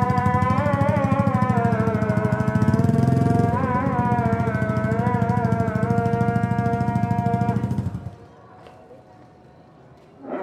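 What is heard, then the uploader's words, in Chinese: A call to evening prayer rings out over Surabaya's streets, one long sung line with wavering, sliding pitch and a buzzing, pulsing edge. It stops near the eighth second, leaving quiet street hum, a few faint clicks, and a sound rising at the very end. Urban Soundscapes - East Java, call to evening prayers in Surabaya recorded by Nigel Brown。東爪哇泗水市區的街巷空間，以及正值穆斯林晚間拜禱時刻的聲音風景。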